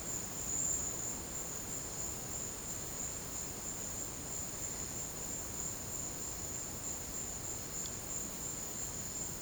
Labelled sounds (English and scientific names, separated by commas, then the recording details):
none
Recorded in dense forest near Puerto Asís, Putumayo, Colombia, on 19 March 2025 at 12:30
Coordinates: 0.481, -76.323
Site G088